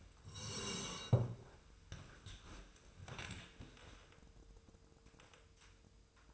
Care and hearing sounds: daily activity, microphone in the room; sit down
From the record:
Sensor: 2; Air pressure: 1005.2 hPa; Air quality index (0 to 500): 100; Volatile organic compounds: 2 ppm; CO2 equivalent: 1213 ppm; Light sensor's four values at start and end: 7/17/7/7 and 7/18/7/7

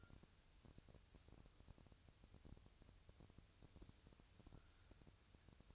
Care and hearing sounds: daily activity, microphone in the room; wipe stove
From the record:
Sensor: 2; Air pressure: 1001.5 hPa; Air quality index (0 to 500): 227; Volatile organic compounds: 25 ppm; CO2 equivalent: 2847 ppm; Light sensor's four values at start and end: 7/26/10/9 and 7/26/10/9

